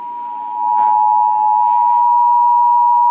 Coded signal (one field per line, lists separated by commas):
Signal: Emergency Alert System (SAME) tones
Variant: 853 and 960 Hz attention tone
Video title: National EAS Test 2021 EPIC FAIL!